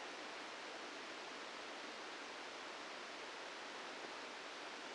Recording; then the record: brain microelectrode recording played as sound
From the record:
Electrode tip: inside the subthalamic nucleus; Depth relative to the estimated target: 1 mm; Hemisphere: left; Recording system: NeuroSet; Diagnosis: Parkinson's disease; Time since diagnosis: 8 years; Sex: male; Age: 65 years